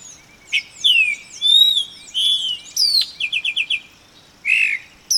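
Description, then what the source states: Epaulet oriole song: varied whistled glides and chips, then a quick buzzy trill of about five notes, a pause, and a final burst of slurred whistles. Recorded 2011-08-31.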